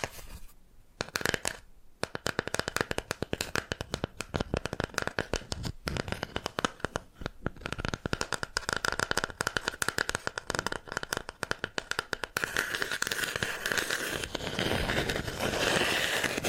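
Rapid tapping and scratching on bamboo fills the clip with dense, dry clicks that come in quick irregular bursts, with brief pauses near the start. After about twelve seconds the sound turns into a steadier, continuous brushing rustle that runs to the end.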